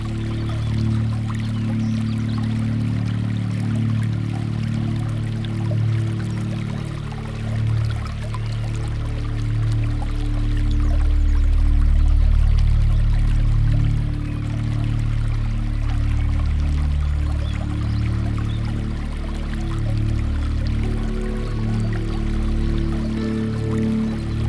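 Water runs steadily through the garden with a dense, continuous low rumble and a light trickling texture that swells slightly midway.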